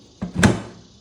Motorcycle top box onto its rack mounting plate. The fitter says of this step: slide it forward until it clicks